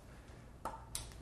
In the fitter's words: little button here you just hit that and it pops open your battery case and